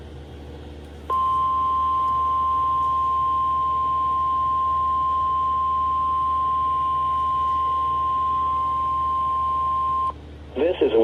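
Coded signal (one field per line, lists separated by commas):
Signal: Emergency Alert System (SAME) tones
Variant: 1050 Hz attention tone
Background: speech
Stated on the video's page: Winter Storm Watches sent with a triple SAME header.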